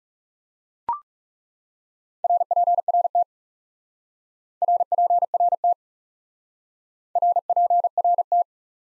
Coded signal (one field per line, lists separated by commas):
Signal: Morse code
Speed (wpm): 36 wpm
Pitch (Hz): 700 Hz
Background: none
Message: RPRT RPRT RPRT